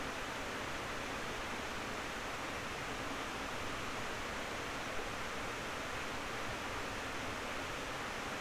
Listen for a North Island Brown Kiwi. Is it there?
no